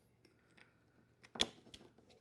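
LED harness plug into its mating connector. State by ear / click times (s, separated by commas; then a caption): seated / 1.4 s. The top plug of an LED wiring harness is pushed into its mating connector in a tight space, with a few faint ticks and rustles before a sharp, bright click at 1.4 s. The plug snaps in and is seated.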